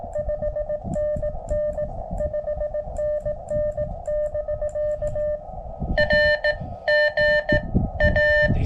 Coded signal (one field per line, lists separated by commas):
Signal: Morse code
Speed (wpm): 17 wpm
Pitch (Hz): 590 Hz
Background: none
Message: 5NN 5NN <BK> R GA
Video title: 10m & 15m POTA Activation @ Reed Bingham State Park K-2195 with the Elecraft KX2 & K6ARK random wire